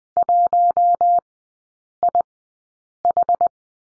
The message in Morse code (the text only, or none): 1IH